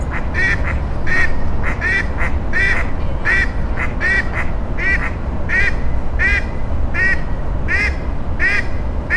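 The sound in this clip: Duck calling with rapid repeated nasal quacks, some in quick doubles, against a persistent low rumbling background.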